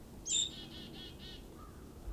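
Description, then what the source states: Golden-crowned Kinglet giving one very high, thin ringing note, followed by a few fainter high notes in a quiet background. Very high-pitched ring call, given right in front of the recordist in winter.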